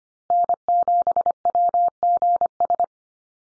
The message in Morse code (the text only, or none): N7WGS